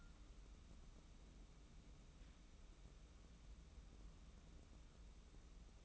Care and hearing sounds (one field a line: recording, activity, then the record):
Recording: daily activity, microphone in the room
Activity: wipe stove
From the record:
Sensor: 1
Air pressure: 994.5 hPa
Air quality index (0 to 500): 232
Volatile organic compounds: 1000 ppm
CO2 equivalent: 8364 ppm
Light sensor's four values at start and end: 135/308/137/149 and 135/308/137/149